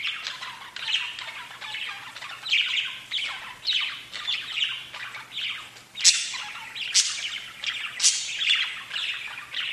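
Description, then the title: Budgerigar chatter, a dense stream of buzzy warbles and sharp chirps with no real gaps. "Budgie Sounds"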